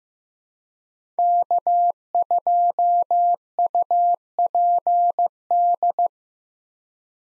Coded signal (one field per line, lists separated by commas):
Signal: Morse code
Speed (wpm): 15 wpm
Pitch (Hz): 700 Hz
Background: none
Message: K2UPD